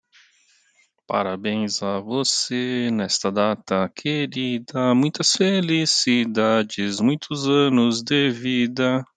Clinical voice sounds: short text; Brazilian Portuguese; male; 50 to 59 years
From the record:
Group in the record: control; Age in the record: 50 years

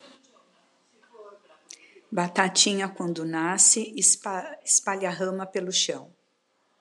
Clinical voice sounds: short text; Brazilian Portuguese; female; 50 to 59 years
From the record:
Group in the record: control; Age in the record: 58 years

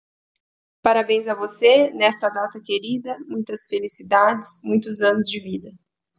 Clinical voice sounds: short text; Brazilian Portuguese; female; 30 to 39 years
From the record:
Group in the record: control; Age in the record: 34 years

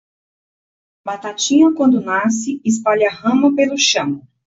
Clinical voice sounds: short text; Brazilian Portuguese; female; 40 to 49 years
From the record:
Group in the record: control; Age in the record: 41 years

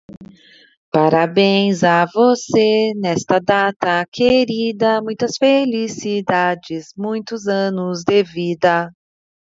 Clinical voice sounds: short text; Brazilian Portuguese; female; 40 to 49 years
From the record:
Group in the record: control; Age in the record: 43 years

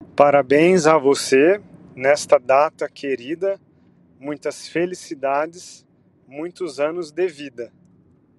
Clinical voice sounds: short text; Brazilian Portuguese; male; 30 to 39 years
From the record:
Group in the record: control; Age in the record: 31 years

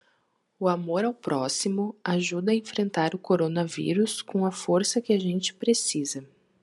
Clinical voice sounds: spoken sentence; Brazilian Portuguese; female; 30 to 39 years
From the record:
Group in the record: control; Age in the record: 33 years

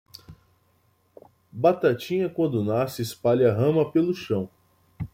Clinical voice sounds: short text; Brazilian Portuguese; male; 20 to 29 years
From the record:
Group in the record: control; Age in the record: 27 years

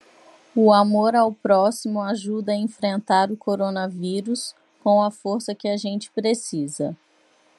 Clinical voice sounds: spoken sentence; Brazilian Portuguese; female; 30 to 39 years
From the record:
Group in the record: control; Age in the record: 32 years

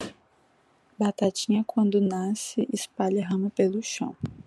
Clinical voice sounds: short text; Brazilian Portuguese; female; 20 to 29 years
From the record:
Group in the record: control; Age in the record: 23 years

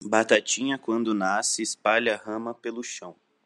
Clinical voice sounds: short text; Brazilian Portuguese; male; 20 to 29 years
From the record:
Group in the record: control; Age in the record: 25 years

